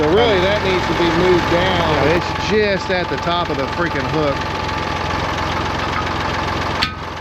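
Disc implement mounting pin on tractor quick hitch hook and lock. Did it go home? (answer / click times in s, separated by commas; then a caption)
partly / 6.8 s. A disc implement's mounting point is hooked onto a tractor quick hitch hook over a steady idling engine while someone talks. At 6.8 s one hitch lock engages with a sharp metallic hit, but the other does not. The disc's mounting point sits above the bottom of the hook, so it is not seated all the way on that hook.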